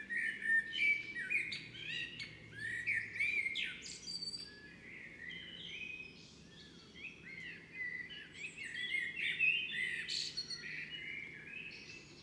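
Evening birdsong fills the whole stretch: several birds chirp, trill and whistle over one another in a dense, unbroken chorus, with brighter bursts around the fourth and tenth seconds. A faint low hum runs steadily underneath.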